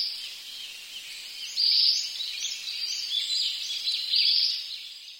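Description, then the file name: Ashy minivet: high, thin trilling phrases over a steady hiss, louder in a few bursts. "sanshokui"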